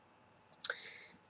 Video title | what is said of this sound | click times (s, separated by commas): Serwex MB with Flex Nib Review | it clicks in place. I enjoy that. Nice feature. | 0.7 s